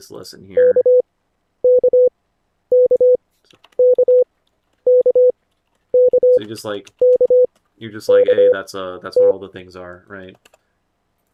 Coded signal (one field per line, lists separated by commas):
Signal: Morse code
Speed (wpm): 25 wpm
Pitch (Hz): 500 Hz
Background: speech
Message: KKKKKKKKT